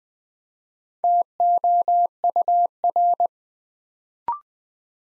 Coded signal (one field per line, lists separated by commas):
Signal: Morse code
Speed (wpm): 20 wpm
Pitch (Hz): 700 Hz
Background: none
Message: TOUR